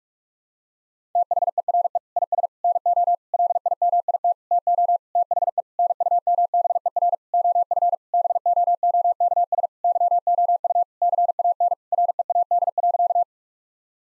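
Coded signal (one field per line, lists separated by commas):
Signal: Morse code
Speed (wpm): 46 wpm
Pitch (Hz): 700 Hz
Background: none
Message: THERE IS NO LIMIT TO THE NUMBER OF BOOKS YOU CAN READ.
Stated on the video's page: Morse code practice at 45 wpm of sentences containing common eight-word phrases, first words spoken as a guide, each sent, spoken, then sent again.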